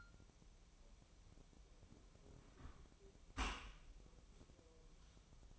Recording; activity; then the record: daily activity, microphone in the room; close dishwasher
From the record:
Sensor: 1